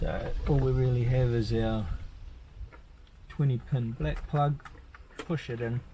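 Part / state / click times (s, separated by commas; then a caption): 20-pin wiring plug into the back of the head unit / not seated / none. Someone talks while handling a 20-pin black wiring plug about to be pushed into the back of a Vhedia X series head unit for a 2017-2021 Toyota Prado. Between phrases there are only faint, brief handling ticks near 2.8 s and 3.1 s. The plug has not seated or clicked yet by the end.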